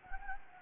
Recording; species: mosquito wingbeat signal from an infrared sensor; Anopheles gambiae